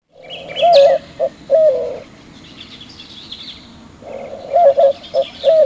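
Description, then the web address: White-winged Dove cooing, a phrase of hooting coos with short broken notes, given twice; faint high chirps of other birds behind. "Peterson North American Birds. wwdo"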